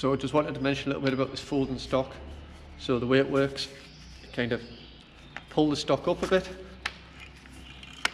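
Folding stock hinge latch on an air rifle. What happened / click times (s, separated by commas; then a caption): The folding part is being handled but has not yet locked home / none. Someone talks while pulling up the folding stock of a BRK / Brocock Pathfinder XR air rifle to fold it, its hinge latch still unlatched. A few short, sharp handling knocks come through between the words. Nothing has clicked or locked into the folded position yet.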